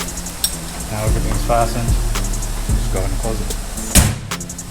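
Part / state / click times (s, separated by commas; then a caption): door latch on a UTV door frame / seated / 4.3 s. Someone talks as a newly installed SDR Pro XP2 aftermarket door kit door on a side-by-side UTV is swung shut against the door frame. Its latch catches with a solid clunk at 4.3 s, and the door is latched closed.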